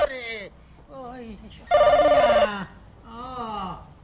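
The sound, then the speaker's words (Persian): A loud telephone bell trills in one steady, buzzing burst of about a second in an office, with voices talking before and after it as someone calls for a person to come and answer the phone. “آهای یکی بیاد این تلفن رو”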